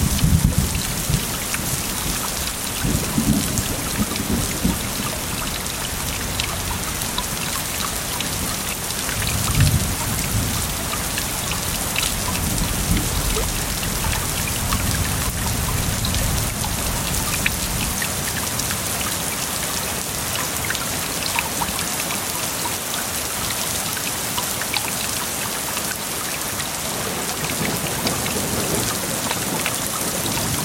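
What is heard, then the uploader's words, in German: Rain falls steadily from a shelter hut as a thunderstorm builds, a dense, even hiss of drops spread from low to bright. Deep rumbles of thunder roll underneath through the first half, with a louder burst near ten seconds, easing later on. Die Folge habe ich auf dem Berliner Höhenweg im Zillertal aufgenommen. Zum Einschlafen hörst du Naturgeräusche, die ich bei einsetzendem Regen und aufziehendem Gewitter in einer Aschaffenburger Schutzhütte auf über 2.000 m gemacht habe.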